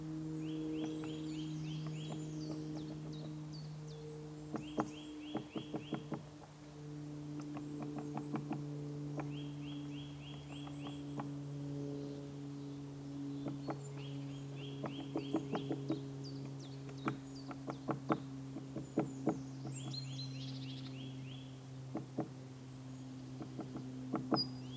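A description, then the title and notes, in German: A spotted woodpecker hammers on the trunk in quick bursts of sharp knocks, repeating every few seconds over a steady low hum and birdsong. Wie es klingt, wenn man das Mikrophon an einen Baumstamm hält, an dem ein Buntspecht klopft.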